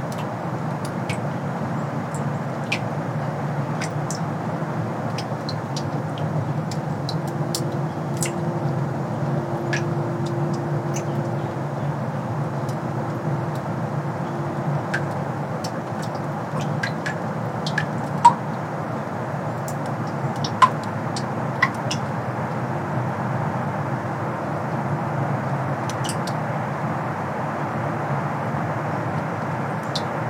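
Melting snow drips off a bridge in scattered sharp ticks and plinks over a steady low rumble, with a brief hum partway through.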